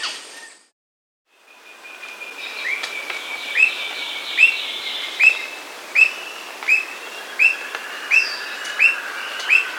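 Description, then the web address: Squirrel cuckoo repeating short, sharp whistled notes at a steady pace, about one every three-quarters of a second, nine in a row, above a thin drawn-out tone. Recorded in Peru. "S America Squirrel Cuckoo (Piaya cayana), Peru"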